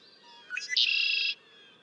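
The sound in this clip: Red-winged blackbird song: a couple of quick rising introductory notes, then a loud, rasping, buzzy trill lasting about half a second over a soft background hum.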